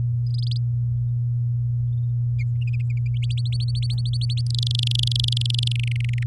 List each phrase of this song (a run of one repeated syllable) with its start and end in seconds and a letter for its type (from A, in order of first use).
0.26-0.57 A, 3.22-4.41 B, 4.46-5.72 C, 5.75-6.23 D